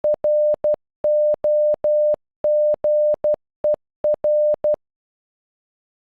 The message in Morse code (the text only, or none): ROGER